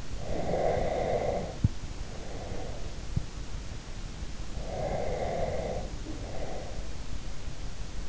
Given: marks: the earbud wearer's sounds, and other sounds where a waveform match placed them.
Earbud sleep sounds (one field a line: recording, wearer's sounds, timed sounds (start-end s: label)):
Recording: sounds in sleep by an in-ear microphone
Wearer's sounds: breath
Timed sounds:
0.25-2.94 s: breath
4.57-7.01 s: breath